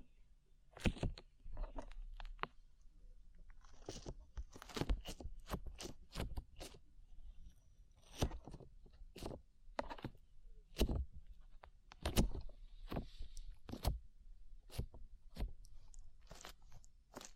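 Slime being handled, with a quick run of sharp, wet clicks and pops scattered irregularly through the whole 17 seconds, often several a second. Between the bright snaps, soft squishing and low rustling continue quietly. A few pops near the middle and end stand out louder.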